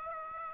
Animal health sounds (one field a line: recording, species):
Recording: mosquito wingbeat signal from an infrared sensor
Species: Aedes aegypti